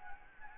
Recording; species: mosquito wingbeat signal from an infrared sensor; Anopheles gambiae